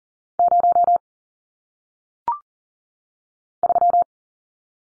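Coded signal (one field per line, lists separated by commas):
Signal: Morse code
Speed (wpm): 42 wpm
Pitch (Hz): 700 Hz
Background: none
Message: 0 3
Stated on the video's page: Morse code single-digit numbers sent at 40 wpm for head-copy practice, each number sent, spoken, then sent again.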